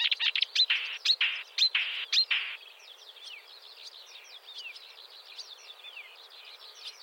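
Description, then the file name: Marsh warbler song beginning with loud harsh buzzy bursts, then a continuous stream of quick slurred, squeaky twitters. "suara kicauan burung marsh warbler. omkicau"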